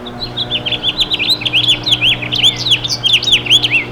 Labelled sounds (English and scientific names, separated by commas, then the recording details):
House Finch (Haemorhous mexicanus) song
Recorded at Babylon on Long Island, New York, on 18 May 2013
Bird E